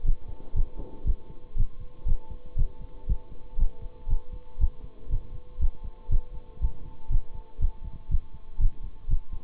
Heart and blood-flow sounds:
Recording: heart sounds by stethoscope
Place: between the tricuspid and mitral areas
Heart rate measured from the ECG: 119 bpm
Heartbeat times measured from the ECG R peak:
0.04 s: heartbeat
0.54 s: heartbeat
1.05 s: heartbeat
1.56 s: heartbeat
2.06 s: heartbeat
2.56 s: heartbeat
3.07 s: heartbeat
3.58 s: heartbeat
4.08 s: heartbeat
4.59 s: heartbeat
5.10 s: heartbeat
5.59 s: heartbeat
6.10 s: heartbeat
6.60 s: heartbeat
7.10 s: heartbeat
7.60 s: heartbeat
8.10 s: heartbeat
8.59 s: heartbeat
9.08 s: heartbeat
From the record:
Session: bicycle stress test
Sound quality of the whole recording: good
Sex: male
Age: 26 years

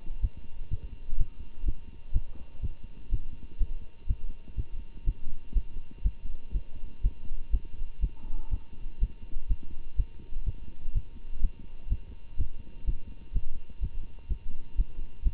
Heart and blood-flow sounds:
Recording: heart sounds by stethoscope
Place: between the tricuspid and mitral areas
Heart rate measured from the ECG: 124 bpm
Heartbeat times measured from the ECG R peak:
0.20 s: heartbeat
0.69 s: heartbeat
1.17 s: heartbeat
1.64 s: heartbeat
2.12 s: heartbeat
2.60 s: heartbeat
3.10 s: heartbeat
3.58 s: heartbeat
4.07 s: heartbeat
4.56 s: heartbeat
5.05 s: heartbeat
5.53 s: heartbeat
6.02 s: heartbeat
6.52 s: heartbeat
7.02 s: heartbeat
7.50 s: heartbeat
8.00 s: heartbeat
8.49 s: heartbeat
8.99 s: heartbeat
9.47 s: heartbeat
9.96 s: heartbeat
10.44 s: heartbeat
10.93 s: heartbeat
11.40 s: heartbeat
11.88 s: heartbeat
12.36 s: heartbeat
12.85 s: heartbeat
13.32 s: heartbeat
13.80 s: heartbeat
14.28 s: heartbeat
14.76 s: heartbeat
15.23 s: heartbeat
From the record:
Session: Bruce protocol treadmill stress test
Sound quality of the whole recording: good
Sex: male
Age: 25 years

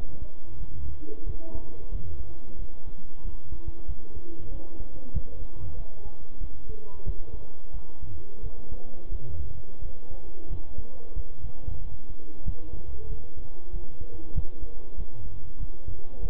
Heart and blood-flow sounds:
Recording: heart sounds by stethoscope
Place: between the tricuspid and mitral areas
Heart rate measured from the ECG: 92 bpm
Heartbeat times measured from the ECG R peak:
0.60 s: heartbeat
1.27 s: heartbeat
1.92 s: heartbeat
2.59 s: heartbeat
3.25 s: heartbeat
3.88 s: heartbeat
4.52 s: heartbeat
5.14 s: heartbeat
5.77 s: heartbeat
6.41 s: heartbeat
7.06 s: heartbeat
7.74 s: heartbeat
8.43 s: heartbeat
9.12 s: heartbeat
9.82 s: heartbeat
10.50 s: heartbeat
11.16 s: heartbeat
11.82 s: heartbeat
12.46 s: heartbeat
13.09 s: heartbeat
13.73 s: heartbeat
14.35 s: heartbeat
14.98 s: heartbeat
15.60 s: heartbeat
16.22 s: heartbeat
From the record:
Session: bicycle stress test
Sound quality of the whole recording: good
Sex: male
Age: 23 years

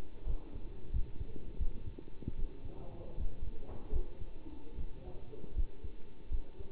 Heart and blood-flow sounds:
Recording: heart sounds by stethoscope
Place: between the tricuspid and mitral areas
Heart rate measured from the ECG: 79 bpm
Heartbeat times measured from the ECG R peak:
0.26 s: heartbeat
0.92 s: heartbeat
1.58 s: heartbeat
2.35 s: heartbeat
3.18 s: heartbeat
3.92 s: heartbeat
4.77 s: heartbeat
5.56 s: heartbeat
6.31 s: heartbeat
From the record:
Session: bicycle stress test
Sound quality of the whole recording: good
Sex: male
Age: 27 years

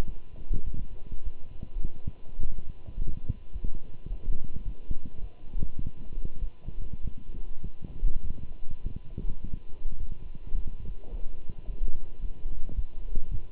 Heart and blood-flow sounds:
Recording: heart sounds by stethoscope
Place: between the tricuspid and mitral areas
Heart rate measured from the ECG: 104 bpm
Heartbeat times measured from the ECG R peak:
0.06 s: heartbeat
0.66 s: heartbeat
1.24 s: heartbeat
1.82 s: heartbeat
2.39 s: heartbeat
2.96 s: heartbeat
3.53 s: heartbeat
4.09 s: heartbeat
4.65 s: heartbeat
5.21 s: heartbeat
5.79 s: heartbeat
6.41 s: heartbeat
7.01 s: heartbeat
7.63 s: heartbeat
8.24 s: heartbeat
8.84 s: heartbeat
9.42 s: heartbeat
9.99 s: heartbeat
10.55 s: heartbeat
11.11 s: heartbeat
11.67 s: heartbeat
12.22 s: heartbeat
12.76 s: heartbeat
13.31 s: heartbeat
From the record:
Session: walking at 3.7 km/h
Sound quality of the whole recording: good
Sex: male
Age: 24 years

